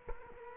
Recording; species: mosquito wingbeat signal from an infrared sensor; Culex quinquefasciatus